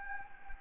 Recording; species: mosquito wingbeat signal from an infrared sensor; Anopheles gambiae